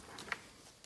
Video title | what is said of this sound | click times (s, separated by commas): Best HID Kit In The World 2019 - Morimoto Elite Review 2013 2014 2015 2016 2017 2018 RAV4 | And as long as none of the tabs are sticking out, just turn it and it should lock in place. | 0.3 s